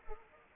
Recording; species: mosquito wingbeat signal from an infrared sensor; Anopheles arabiensis